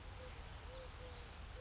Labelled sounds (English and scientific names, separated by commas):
Eurasian Collared Dove (Streptopelia decaocto)